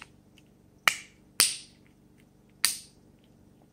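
The plastic housing of a wireless alarm contact sensor is snapped together by hand, producing three sharp, loud plastic snaps at 0.9 s, 1.4 s and 2.6 s. Each snap has a brief bright ring. The housing seats and clicks into place.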